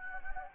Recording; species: mosquito wingbeat signal from an infrared sensor; Anopheles gambiae